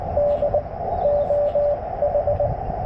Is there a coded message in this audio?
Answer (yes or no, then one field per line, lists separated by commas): yes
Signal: Morse code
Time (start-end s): 0.2-2.5 s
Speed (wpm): 23 wpm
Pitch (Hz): 590 Hz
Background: none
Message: DOH